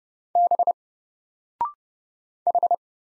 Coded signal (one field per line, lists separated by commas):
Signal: Morse code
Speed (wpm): 30 wpm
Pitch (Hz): 700 Hz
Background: none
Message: B H